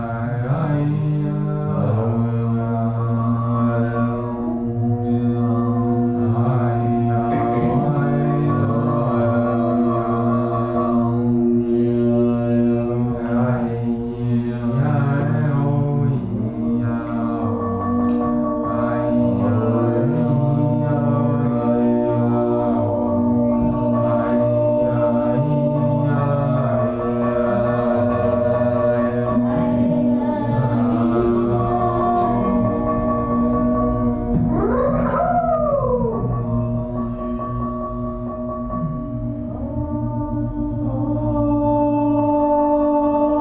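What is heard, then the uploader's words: Voices sing over a crystal singing bowl, whose low, steady hum holds unbroken for the whole stretch. Above it the voices rise and fall in slow, wavering tones, with a sliding swoop near the 35-second mark. The overall level stays even throughout. Our voices are accompanied by a crystal singing bowl.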